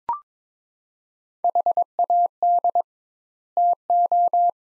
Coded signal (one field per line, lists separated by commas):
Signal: Morse code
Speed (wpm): 22 wpm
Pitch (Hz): 700 Hz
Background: none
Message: HAD TO